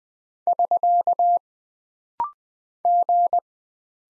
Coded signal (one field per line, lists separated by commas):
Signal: Morse code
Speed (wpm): 20 wpm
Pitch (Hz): 700 Hz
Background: none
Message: <SK> G